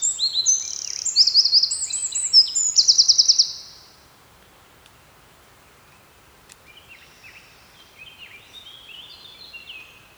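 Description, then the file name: Eurasian wren song: a loud burst of high warbling and rapid trills for a few seconds, silence, then a fainter second song begins. "Troglodytes troglodytes"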